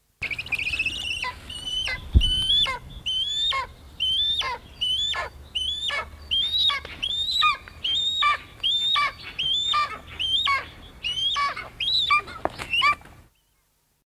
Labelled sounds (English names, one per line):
Golden Eagle